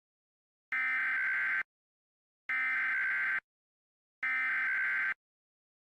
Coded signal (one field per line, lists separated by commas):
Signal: Emergency Alert System (SAME) tones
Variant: header bursts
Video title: EAS Scenario: CHAOS on the COAST